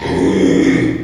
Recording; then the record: squeal of a Yucatan mini pig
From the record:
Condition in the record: after surgery on the right vocal fold (resection and tissue-engineered implant); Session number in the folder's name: 2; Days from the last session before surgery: 13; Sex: male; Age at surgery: 12 weeks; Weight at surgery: 13 kg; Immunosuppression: cyclosporine, prednisolone